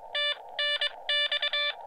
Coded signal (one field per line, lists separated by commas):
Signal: Morse code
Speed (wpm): 22 wpm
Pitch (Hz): 1750 Hz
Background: none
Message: TNX